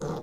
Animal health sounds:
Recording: pig call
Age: piglet (1 to 25 days)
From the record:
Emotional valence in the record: negative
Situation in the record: long isolation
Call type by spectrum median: low-frequency call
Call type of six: low-frequency stable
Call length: 0.23 s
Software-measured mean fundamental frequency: 52 Hz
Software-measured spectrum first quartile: 206 Hz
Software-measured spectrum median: 432 Hz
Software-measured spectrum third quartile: 783 Hz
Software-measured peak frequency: 166 Hz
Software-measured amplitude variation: 109 dB a second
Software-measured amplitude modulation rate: 15.4 a second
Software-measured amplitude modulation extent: 7.1 dB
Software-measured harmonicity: 1.0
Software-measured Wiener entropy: -0.44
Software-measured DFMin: 1563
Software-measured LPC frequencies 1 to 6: 473, 1154, 3503, 4107, 5079, 6442 Hz

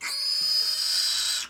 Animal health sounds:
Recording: pig call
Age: piglet (1 to 25 days)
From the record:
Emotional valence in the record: negative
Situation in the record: castration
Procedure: castration, shear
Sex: male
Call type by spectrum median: high-frequency call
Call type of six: high-frequency stable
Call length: 1.50 s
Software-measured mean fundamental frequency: 139 Hz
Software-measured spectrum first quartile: 4551 Hz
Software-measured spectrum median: 5038 Hz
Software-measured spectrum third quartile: 6362 Hz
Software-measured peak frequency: 4957 Hz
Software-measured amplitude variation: 84 dB a second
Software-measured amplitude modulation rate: 27.1 a second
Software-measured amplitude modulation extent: 3.1 dB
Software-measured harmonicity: 6.0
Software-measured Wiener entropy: -2.79

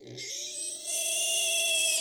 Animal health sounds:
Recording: pig call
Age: weaner (32 to 43 days)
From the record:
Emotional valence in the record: negative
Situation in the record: restrain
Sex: male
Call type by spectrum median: high-frequency call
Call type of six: mixed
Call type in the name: high-frequency stable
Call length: 2.0 s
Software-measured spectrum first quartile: 3071 Hz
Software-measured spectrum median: 5704 Hz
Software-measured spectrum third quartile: 8149 Hz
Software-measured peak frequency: 3313 Hz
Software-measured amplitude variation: 73 dB a second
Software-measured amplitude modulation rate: 25.3 a second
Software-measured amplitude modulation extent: 2.9 dB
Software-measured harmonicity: 4.1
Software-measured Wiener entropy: -2.51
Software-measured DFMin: 702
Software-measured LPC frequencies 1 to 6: 647, 2717, 3345, 5541, 6133, 6933 Hz

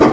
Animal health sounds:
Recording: pig call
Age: growing-finishing pig (85 days or more)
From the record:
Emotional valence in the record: positive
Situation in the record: run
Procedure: transit

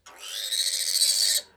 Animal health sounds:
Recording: pig call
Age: piglet (1 to 25 days)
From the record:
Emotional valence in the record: negative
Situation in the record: restrain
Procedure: back test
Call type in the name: high-frequency call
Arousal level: maximum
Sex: male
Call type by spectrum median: high-frequency call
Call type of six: high-frequency stable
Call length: 1.57 s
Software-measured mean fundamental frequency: 233 Hz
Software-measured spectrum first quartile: 4324 Hz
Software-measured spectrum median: 5864 Hz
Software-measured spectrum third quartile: 8393 Hz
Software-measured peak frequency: 4478 Hz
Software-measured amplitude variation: 162 dB a second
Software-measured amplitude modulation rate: 24.2 a second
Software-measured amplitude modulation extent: 6.7 dB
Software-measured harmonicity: 2.8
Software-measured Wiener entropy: -2.05

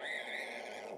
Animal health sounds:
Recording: pig call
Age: piglet (1 to 25 days)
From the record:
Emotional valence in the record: negative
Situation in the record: restrain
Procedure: in the arms of a person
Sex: male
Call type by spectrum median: low-frequency call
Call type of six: high-frequency stable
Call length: 0.98 s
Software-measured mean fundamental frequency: 143 Hz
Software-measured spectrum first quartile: 615 Hz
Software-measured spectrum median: 1618 Hz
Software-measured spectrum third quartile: 2257 Hz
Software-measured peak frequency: 1927 Hz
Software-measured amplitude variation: 101 dB a second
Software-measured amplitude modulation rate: 28.0 a second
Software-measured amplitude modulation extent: 3.6 dB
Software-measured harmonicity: 1.3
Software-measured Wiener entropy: -1.51

